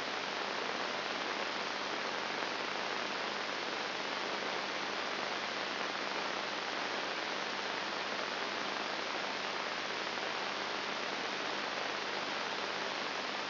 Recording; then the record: brain microelectrode recording played as sound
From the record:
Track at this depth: inside the subthalamic nucleus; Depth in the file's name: 0.707 mm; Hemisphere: left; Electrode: 3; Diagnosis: Parkinson's disease